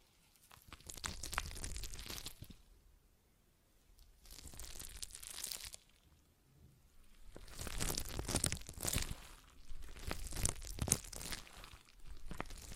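Squeezing of a stress ball comes in bursts of dense crinkling and crunching, each lasting one to three seconds, with short quiet gaps between them. The sound is bright and gritty, with a few sharp clicks near the ninth and eleventh seconds.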